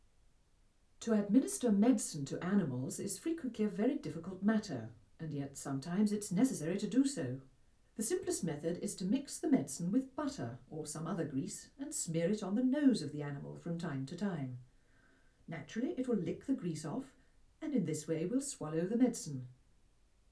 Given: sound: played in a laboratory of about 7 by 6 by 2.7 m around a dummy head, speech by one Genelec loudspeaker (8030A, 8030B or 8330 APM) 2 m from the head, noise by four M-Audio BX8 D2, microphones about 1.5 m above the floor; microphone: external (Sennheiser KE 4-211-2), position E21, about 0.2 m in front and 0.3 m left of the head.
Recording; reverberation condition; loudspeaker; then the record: female speech in English; low; 150 degrees to the right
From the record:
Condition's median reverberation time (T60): about 310 ms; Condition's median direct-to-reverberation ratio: about 3.5 dB